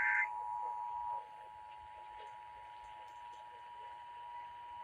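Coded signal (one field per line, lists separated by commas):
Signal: Emergency Alert System (SAME) tones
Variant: 853 and 960 Hz attention tone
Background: speech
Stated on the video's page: Utah Required Monthly Test EAS alert, received from broadcast radio.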